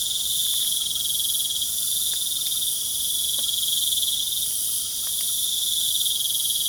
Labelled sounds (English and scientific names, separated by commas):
none